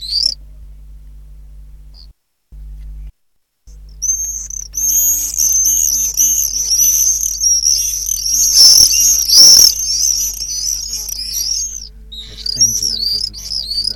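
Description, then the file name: Common swift screaming, a long chorus of shrill buzzy trills after a short gap, loudest in the middle with a few sharp clicks, over a low hum. "apus apus"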